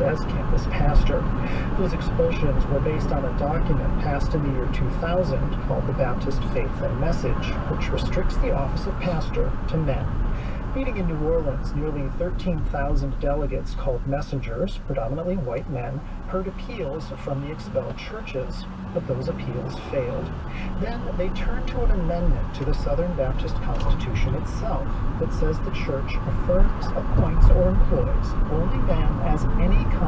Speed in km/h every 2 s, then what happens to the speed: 61, 58, 55, 50, 45, 34, 26, 15, 6, 11, 18, 27, 32, 39, 44.
0-16 slows to 6. 17-30 speeds up to 44.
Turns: 18-25.